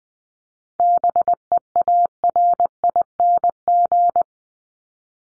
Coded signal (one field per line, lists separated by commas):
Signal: Morse code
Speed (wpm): 20 wpm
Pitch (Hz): 700 Hz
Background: none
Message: BEARING